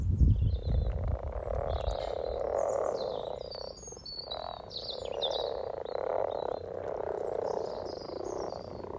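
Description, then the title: Frogs in chorus, a continuous low purring croak in overlapping bursts, with birds singing high above throughout. About 20 frogs in a sunny garden pond, some floating, some on fresh frogspawn, chorusing to welcome arriving females; Freshfield, Formby, Merseyside, UK; sunny St Patrick's Day, 17 March 2023, spring, lunchtime. "Frog Chorus Spring sounds first Lunch outside St Patrick’s day 17 March 2023 . Freshfield, Formby"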